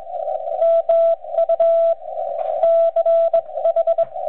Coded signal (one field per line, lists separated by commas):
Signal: Morse code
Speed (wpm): 21 wpm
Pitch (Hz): 660 Hz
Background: radio noise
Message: MUCH